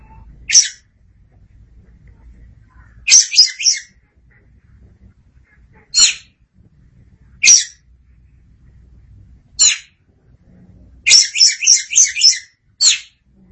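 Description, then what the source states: Oriental magpie-robin: separate harsh grating notes spaced about two seconds apart, broken by two rapid chattering bursts. Faint low background noise. Chirping song.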